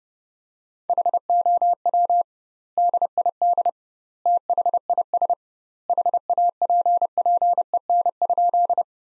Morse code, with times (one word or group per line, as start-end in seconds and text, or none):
0.9-2.2 HOW
2.8-3.7 DID
4.3-5.3 THIS
5.9-8.8 HAPPEN?